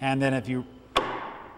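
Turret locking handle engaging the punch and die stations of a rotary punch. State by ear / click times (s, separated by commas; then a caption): seated / 1.0 s. Someone talks while the upper and lower tool stations of a Rotex sheet-metal rotary turret punch are rotated into alignment, and the metal turret locking handle is pushed firmly home. A sharp thump is heard at 1.0 s as the handle engages the punch and die stations, and both the top and the bottom lock into place.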